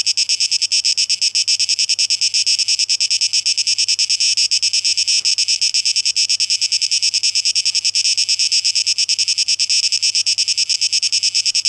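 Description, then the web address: Cicadas buzzing in a dense, high, rapidly pulsing drone that stays steady throughout, with a brief faint click near the middle. Recorded 12 August 2023; tape echo mix. "rauschpartikel Audio 2023-08-12 Zikaden"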